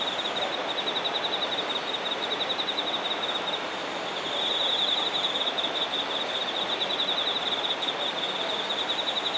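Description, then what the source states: Insect song, a fast pulsed trill held on one high pitch, growing louder midway, over a steady broad hiss of background noise. Singing insects recorded in Shinagawa, Japan.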